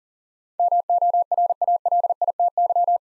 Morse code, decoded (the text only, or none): MORALITY